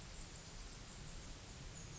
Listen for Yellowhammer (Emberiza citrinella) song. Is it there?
no